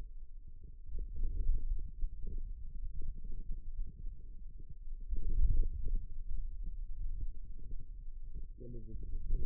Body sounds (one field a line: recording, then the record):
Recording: forearm muscle sounds (acoustic myography)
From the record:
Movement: ulnar deviation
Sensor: system 2, bracelet of six BSWA MPA416 microphones around the upper forearm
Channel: 4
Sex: male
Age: 22 years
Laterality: right